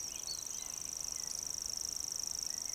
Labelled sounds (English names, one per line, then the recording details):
Eurasian Woodcock whistle
Eurasian Woodcock croak
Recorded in Baden-Württemberg, Germany, on 12 June 2020 at 19:49 UTC
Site 43791, 788 m above sea level